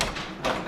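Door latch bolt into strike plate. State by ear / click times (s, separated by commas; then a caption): seated / 0.0 s. After the hinges are tightened and bent and the strike plate is adjusted, a door is closed and its latch bolt catches in the strike plate with one sharp click at 0.0 s. A softer, brief broadband shuffle follows around 0.4–0.5 s as the door settles, confirming the latch has seated after the repair.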